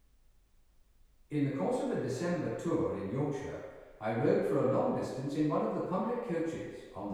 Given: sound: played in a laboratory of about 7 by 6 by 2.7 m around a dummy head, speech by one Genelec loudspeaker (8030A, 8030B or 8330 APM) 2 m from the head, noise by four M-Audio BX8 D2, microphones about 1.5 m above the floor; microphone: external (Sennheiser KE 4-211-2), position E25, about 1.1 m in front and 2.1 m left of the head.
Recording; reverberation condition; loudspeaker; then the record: male speech in English; high; 150 degrees to the left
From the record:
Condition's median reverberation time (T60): about 1300 ms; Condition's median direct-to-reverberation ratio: about -4.0 dB